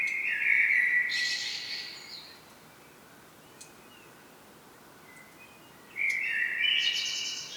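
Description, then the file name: Common blackbird song: two fluty low warbled phrases, each ending in a higher squeaky twitter, separated by about four seconds of quiet. "Turdus merula"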